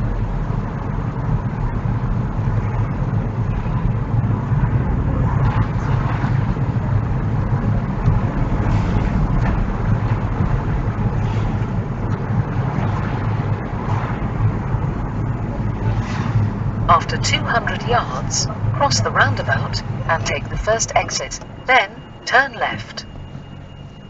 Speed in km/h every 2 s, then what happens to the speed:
24, 27, 26, 29, 32, 31, 32, 27, 21, 15, 5, 0.
0-12 speeds up to 32. 12-21 brakes to 0. 21-24 standing.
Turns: none.